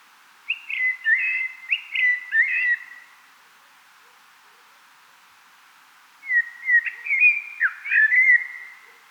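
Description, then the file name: Common blackbird singing two fluty, warbling phrases separated by a silent gap of a few seconds. "Turdus merula"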